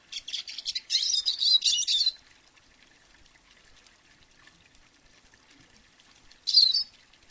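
Bird calling with a burst of high, rapid twittering for about two seconds, then a long quiet pause before one short chirp near the end.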